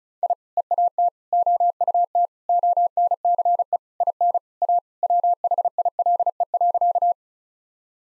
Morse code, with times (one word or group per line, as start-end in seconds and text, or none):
0.2-0.3 I
0.6-1.1 EAT
1.3-2.3 OUT
2.5-3.8 ONCE
4.0-4.4 IN
4.6-4.8 A
5.0-7.1 WHILE.